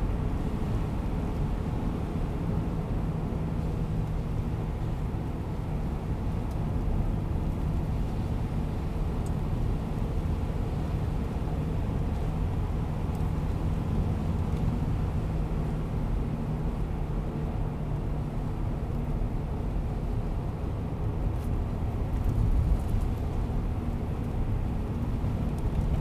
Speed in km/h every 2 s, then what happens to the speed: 92, 87, 83, 83, 84, 84, 85, 85, 81, 77, 75, 75, 78.
0-4 slows to 83. 4-14 steady at about 84. 14-20 slows to 75. 20-26 steady at about 75.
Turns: none.